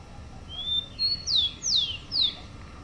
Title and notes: Áudio do pio do tico-tico. WikiAves